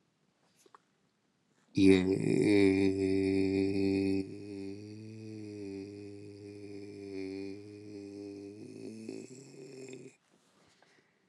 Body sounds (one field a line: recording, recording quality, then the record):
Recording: sustained vowel as in made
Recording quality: excellent, no background noise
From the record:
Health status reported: healthy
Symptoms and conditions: none ticked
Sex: male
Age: 50 years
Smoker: not ticked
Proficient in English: yes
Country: United States